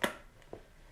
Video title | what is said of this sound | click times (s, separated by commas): Which Will Make Better Toast? - Cheapest vs. Most EXPENSIVE Toaster | Okay, you have to push pretty hard for it to click and it feels pretty | 0.0 s